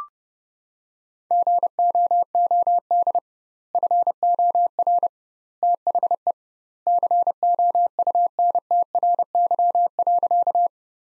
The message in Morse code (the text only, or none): GOOD FOR THE COUNTRY.